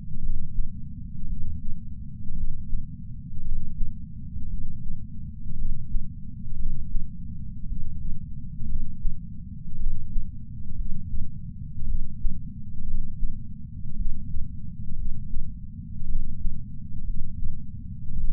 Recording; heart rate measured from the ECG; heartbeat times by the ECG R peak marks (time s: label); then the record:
heart sounds by patch sensor on the chest; 57 bpm
0.19 s: heartbeat
1.26 s: heartbeat
2.33 s: heartbeat
3.41 s: heartbeat
4.47 s: heartbeat
5.54 s: heartbeat
6.55 s: heartbeat
7.65 s: heartbeat
8.65 s: heartbeat
9.76 s: heartbeat
10.74 s: heartbeat
11.84 s: heartbeat
12.83 s: heartbeat
13.94 s: heartbeat
14.94 s: heartbeat
16.05 s: heartbeat
17.03 s: heartbeat
18.13 s: heartbeat
From the record:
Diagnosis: coronary artery disease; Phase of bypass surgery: postoperative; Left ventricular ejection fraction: 49.7%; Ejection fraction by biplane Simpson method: 50.5%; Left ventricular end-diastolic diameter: 55 mm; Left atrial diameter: 40 mm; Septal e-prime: 5.2 cm/s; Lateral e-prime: 9 cm/s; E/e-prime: 14.4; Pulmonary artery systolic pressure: 28 mmHg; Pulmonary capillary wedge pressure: 8 mmHg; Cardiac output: 4.15 L/min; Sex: male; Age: 73 years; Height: 165 cm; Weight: 70 kg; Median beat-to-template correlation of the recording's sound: 0.92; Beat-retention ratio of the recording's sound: 1.00